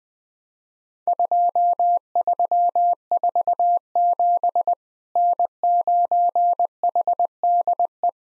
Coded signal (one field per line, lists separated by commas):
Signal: Morse code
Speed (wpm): 20 wpm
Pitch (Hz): 700 Hz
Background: none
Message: 2347 N9HDE